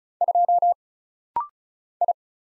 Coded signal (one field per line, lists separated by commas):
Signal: Morse code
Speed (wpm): 34 wpm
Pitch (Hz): 700 Hz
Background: none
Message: 2 I